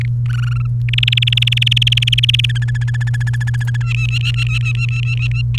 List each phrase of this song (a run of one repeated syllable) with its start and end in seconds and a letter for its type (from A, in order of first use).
0.01-0.05 A, 0.26-0.67 B, 0.89-2.46 C, 2.49-3.77 D, 3.81-5.42 E, 5.58-5.58 C